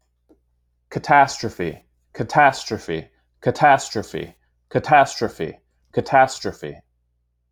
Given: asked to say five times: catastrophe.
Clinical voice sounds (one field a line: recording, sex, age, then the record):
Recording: repeated word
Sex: male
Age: 30 to 39 years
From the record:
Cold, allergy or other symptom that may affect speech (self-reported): no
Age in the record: 35 years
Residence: Virginia, United States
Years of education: 16